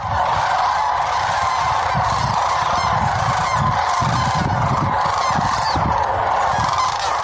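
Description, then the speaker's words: Sandhill cranes giving flight calls, a dense continuous chorus of many overlapping calls. Thousands of birds flying overhead during their annual southward migration. "That's the sound of thousands of sandhill cranes flying overhead as part of their annual migration southward."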